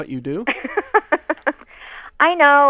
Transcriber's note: laughter